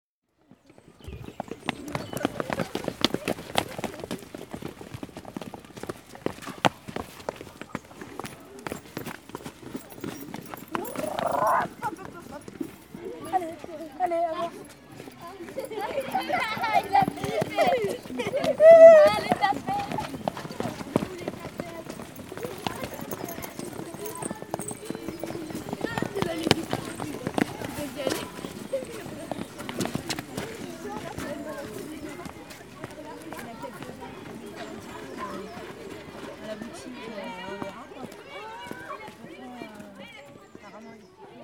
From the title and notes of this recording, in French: Pas qui descendent les escaliers. Elèves descendent les escaliers.